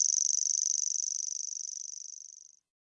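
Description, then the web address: Common grasshopper warbler giving its high, mechanical reeling trill, a rapid even ticking that fades steadily and stops after about two and a half seconds. "Grashoppesanger"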